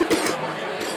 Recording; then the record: coughing mixed with background sound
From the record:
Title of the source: 55 gaggy wet cough